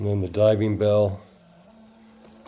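Someone talks for the first second or so while handling the diving bell piece of a Billings RC Calypso ship model, which is meant to press into its deck mount. After that, only a faint steady hiss and low hum remain. The diving bell has not seated or clicked into place yet.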